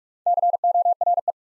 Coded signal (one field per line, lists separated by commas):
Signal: Morse code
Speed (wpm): 44 wpm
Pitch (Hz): 700 Hz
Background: none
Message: CORE